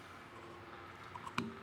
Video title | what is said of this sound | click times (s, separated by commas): How to Change Oil and Filter Toyota Prius V 2012–2017 - EASY! ft. @omd_sd | all the way down like that until it clicks but before we put in the car we need to lubricate that O-ring | 1.4 s